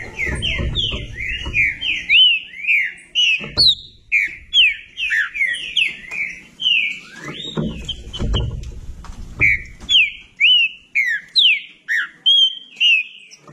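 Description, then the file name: Green-winged saltator song: energetic phrases of clear, sliding whistles, many dropping in pitch, repeated nearly twice a second, with occasional low knocks. "canto do trinca ferro"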